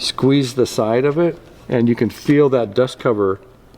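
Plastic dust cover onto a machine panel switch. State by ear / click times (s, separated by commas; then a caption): not seated / none. A small plastic dust cover is squeezed at its sides while being fitted onto a panel switch on a coffee roaster. Someone talks throughout with pauses between phrases. Nothing has seated or clicked yet by the end of the clip.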